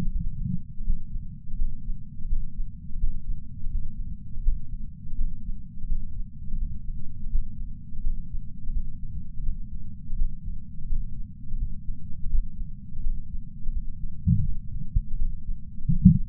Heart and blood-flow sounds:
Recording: heart sounds by patch sensor on the chest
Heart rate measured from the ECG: 84 bpm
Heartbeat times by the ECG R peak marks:
0.11 s: heartbeat
0.84 s: heartbeat
1.56 s: heartbeat
2.28 s: heartbeat
2.99 s: heartbeat
3.70 s: heartbeat
4.43 s: heartbeat
5.16 s: heartbeat
5.87 s: heartbeat
6.57 s: heartbeat
7.30 s: heartbeat
8.02 s: heartbeat
8.72 s: heartbeat
9.43 s: heartbeat
10.16 s: heartbeat
10.87 s: heartbeat
11.57 s: heartbeat
12.29 s: heartbeat
13.01 s: heartbeat
13.72 s: heartbeat
14.44 s: heartbeat
15.17 s: heartbeat
15.87 s: heartbeat
From the record:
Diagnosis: coronary artery disease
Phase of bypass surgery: postoperative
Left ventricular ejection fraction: 60.9%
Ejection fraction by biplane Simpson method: 59.5%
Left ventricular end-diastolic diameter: 49 mm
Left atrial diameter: 39 mm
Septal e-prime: 6.3 cm/s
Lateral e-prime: 6.7 cm/s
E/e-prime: 11.5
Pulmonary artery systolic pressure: 33 mmHg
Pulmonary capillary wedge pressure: 2 mmHg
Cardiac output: 6.3 L/min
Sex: male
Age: 71 years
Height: 162 cm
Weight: 75 kg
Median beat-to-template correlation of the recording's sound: 0.79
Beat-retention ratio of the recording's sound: 1.00

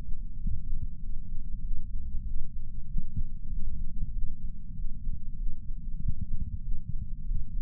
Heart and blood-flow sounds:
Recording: heart sounds by patch sensor on the chest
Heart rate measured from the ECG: 96 bpm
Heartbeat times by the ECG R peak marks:
0.38 s: heartbeat
1.00 s: heartbeat
1.61 s: heartbeat
2.24 s: heartbeat
2.86 s: heartbeat
3.49 s: heartbeat
4.12 s: heartbeat
4.74 s: heartbeat
5.36 s: heartbeat
5.99 s: heartbeat
6.61 s: heartbeat
7.25 s: heartbeat
From the record:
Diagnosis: coronary artery disease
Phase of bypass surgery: preoperative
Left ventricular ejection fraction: 66.8%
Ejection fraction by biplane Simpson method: 67.5%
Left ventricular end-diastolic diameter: 41 mm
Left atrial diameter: 29 mm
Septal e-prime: 9.5 cm/s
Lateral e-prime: 10.6 cm/s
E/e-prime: 8.7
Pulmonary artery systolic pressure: 27 mmHg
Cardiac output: 4.8 L/min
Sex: female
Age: 77 years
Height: 168 cm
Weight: 49 kg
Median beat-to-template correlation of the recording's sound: 0.81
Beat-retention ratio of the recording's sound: 0.99

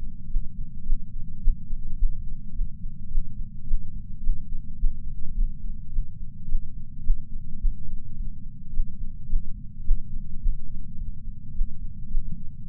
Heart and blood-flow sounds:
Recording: heart sounds by patch sensor on the chest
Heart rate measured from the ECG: 107 bpm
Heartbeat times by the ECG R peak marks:
0.28 s: heartbeat
0.84 s: heartbeat
1.40 s: heartbeat
1.97 s: heartbeat
2.53 s: heartbeat
3.09 s: heartbeat
3.65 s: heartbeat
4.21 s: heartbeat
4.77 s: heartbeat
5.34 s: heartbeat
5.91 s: heartbeat
6.47 s: heartbeat
7.02 s: heartbeat
7.59 s: heartbeat
8.16 s: heartbeat
8.71 s: heartbeat
9.27 s: heartbeat
9.83 s: heartbeat
10.40 s: heartbeat
10.97 s: heartbeat
11.53 s: heartbeat
12.09 s: heartbeat
12.65 s: heartbeat
From the record:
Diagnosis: coronary artery disease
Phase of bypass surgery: postoperative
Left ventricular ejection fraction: 54.7%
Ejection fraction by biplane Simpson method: 51.3%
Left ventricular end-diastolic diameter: 46 mm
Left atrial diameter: 45 mm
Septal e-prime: 5.3 cm/s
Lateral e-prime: 7.1 cm/s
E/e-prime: 10.6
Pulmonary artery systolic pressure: 26 mmHg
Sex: male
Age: 58 years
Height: 182 cm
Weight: 89 kg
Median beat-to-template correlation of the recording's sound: 0.72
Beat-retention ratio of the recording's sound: 0.99

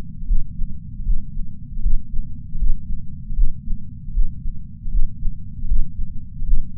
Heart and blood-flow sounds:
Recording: heart sounds by patch sensor on the chest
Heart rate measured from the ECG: 78 bpm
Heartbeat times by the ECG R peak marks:
0.23 s: heartbeat
1.01 s: heartbeat
1.78 s: heartbeat
2.55 s: heartbeat
3.32 s: heartbeat
4.09 s: heartbeat
4.87 s: heartbeat
5.64 s: heartbeat
6.42 s: heartbeat
From the record:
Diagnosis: coronary artery disease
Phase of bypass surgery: intraoperative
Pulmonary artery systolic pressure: 21 mmHg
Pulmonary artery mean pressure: 15 mmHg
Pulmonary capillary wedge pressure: 10 mmHg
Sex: male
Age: 65 years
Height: 170 cm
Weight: 65 kg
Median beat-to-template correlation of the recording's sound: 0.94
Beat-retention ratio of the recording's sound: 0.99

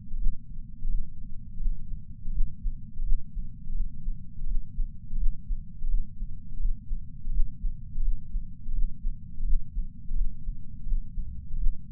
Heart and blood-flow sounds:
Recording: heart sounds by patch sensor on the chest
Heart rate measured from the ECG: 84 bpm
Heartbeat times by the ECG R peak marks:
0.18 s: heartbeat
0.90 s: heartbeat
1.60 s: heartbeat
2.33 s: heartbeat
3.04 s: heartbeat
3.75 s: heartbeat
4.47 s: heartbeat
5.18 s: heartbeat
5.89 s: heartbeat
6.60 s: heartbeat
7.32 s: heartbeat
8.03 s: heartbeat
8.74 s: heartbeat
9.45 s: heartbeat
10.16 s: heartbeat
10.87 s: heartbeat
11.58 s: heartbeat
From the record:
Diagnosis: coronary artery disease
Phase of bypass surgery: postoperative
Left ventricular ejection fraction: 59.9%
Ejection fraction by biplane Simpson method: 56%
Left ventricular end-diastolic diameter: 50 mm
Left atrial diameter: 38 mm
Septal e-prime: 8.6 cm/s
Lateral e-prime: 8.8 cm/s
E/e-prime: 7.7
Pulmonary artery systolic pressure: 23 mmHg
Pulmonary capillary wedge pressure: 16 mmHg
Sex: male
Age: 69 years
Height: 160 cm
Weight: 69 kg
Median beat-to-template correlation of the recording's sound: 0.74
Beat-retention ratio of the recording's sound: 0.99

